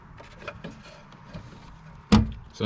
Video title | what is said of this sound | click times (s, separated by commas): How To Change Your Cars Headlights | just pops right in and | 2.1 s